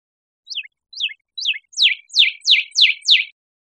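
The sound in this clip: Northern cardinal song of three sharp two-part slurred notes followed by five fuller, louder downward-sweeping whistles in a steady series, against a silent background.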